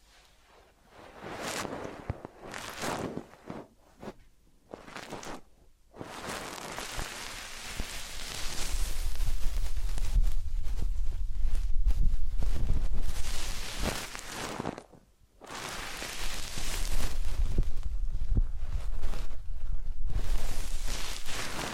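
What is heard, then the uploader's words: Massage and spa sounds: soft rubbing and brushing strokes come in short separate bursts for the first six seconds, then merge into longer, louder stretches of steady rustling friction. A brief pause near fifteen seconds breaks the rubbing before it resumes and continues to the end. Massage, Ear Cleaning and Spa.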